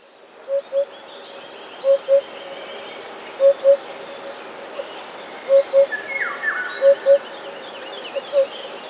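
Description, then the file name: Eurasian hoopoe repeating soft paired hoots, while another bird gives a descending whistled call. "dudek"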